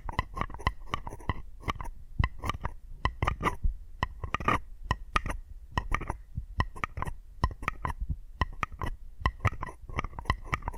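Addictive tapping triggers: rapid, irregular taps and clicks fill the whole clip, dense and uneven in pace, with crisp bright attacks and soft thuds.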